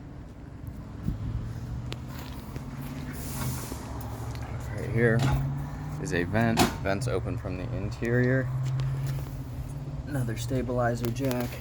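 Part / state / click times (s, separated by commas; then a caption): latch on an RV garage ramp door / seated / 1.9 s. A latch on the rear garage ramp door of a 2021 Grey Wolf toy hauler RV is locked, giving a sharp, loud click at 1.9 s. A steady low engine-like hum runs underneath while someone talks, and the latch is locked.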